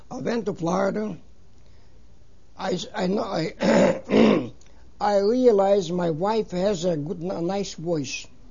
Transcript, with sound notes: I went to Florida. I, I know, I ( he clears his throat ) I realized my wife has a good, nice voice.